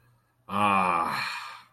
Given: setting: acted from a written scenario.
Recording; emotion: vocal sound without words; relief